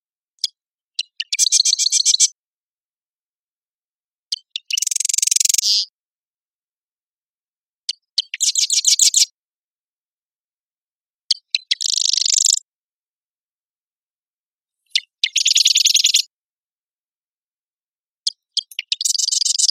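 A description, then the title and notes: A marsh wren sings a repeated song about every three and a half seconds, each opening with a few sharp ticks and ending in a dry, buzzy rattle. The notes are high and bright, with near silence between songs. Marsh Wren - Cistothorus palustris - recorded at Marymoor Park in Redmond, WA. It's the same bird, going crazy, but sometimes he turned his back to me...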